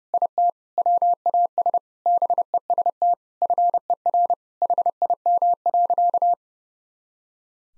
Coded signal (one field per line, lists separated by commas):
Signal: Morse code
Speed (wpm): 32 wpm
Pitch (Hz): 700 Hz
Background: none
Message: IT WAS BEST FER HIM.